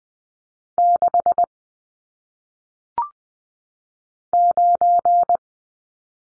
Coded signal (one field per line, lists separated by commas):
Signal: Morse code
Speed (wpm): 20 wpm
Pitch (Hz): 700 Hz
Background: none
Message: 6 9